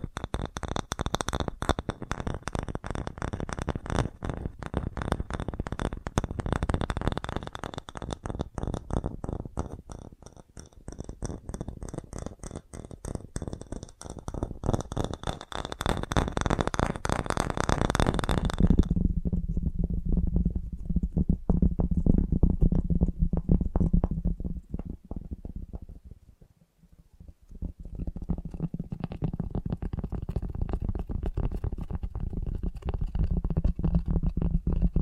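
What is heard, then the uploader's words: Fast tapping runs in a dense, even stream of quick, crisp strikes for the first eighteen seconds. Then the sound turns duller and lower, a rapid muffled rumble with the taps less distinct, briefly dropping out around twenty-six seconds before resuming. FAST TAPPING (No Talking).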